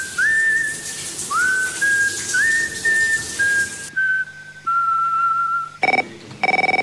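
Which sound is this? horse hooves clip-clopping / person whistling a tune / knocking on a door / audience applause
person whistling a tune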